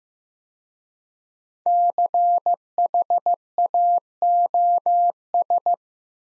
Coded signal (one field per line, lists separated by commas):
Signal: Morse code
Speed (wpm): 15 wpm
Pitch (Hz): 700 Hz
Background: none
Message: CHAOS